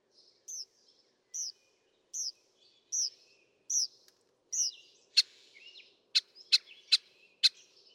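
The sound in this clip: Northern mockingbird song: a high downslurred note repeated six times at an even pace, then a switch to sharp, snapping clicks.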